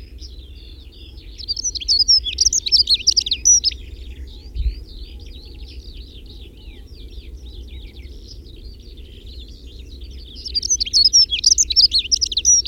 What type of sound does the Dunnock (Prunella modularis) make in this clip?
song